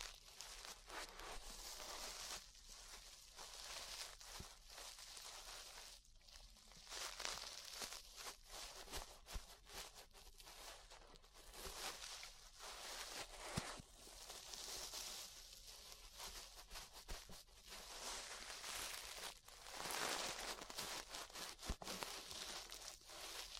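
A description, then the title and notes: Ear brushing makes a soft, steady hiss and scratch, bright and airy, swelling and easing in slow strokes every few seconds. Louder sweeps come around 7, 15 and 20 seconds, with a few small clicks and taps scattered through. ASMR Relaxing 3Dio Ear Brushing (No Talking).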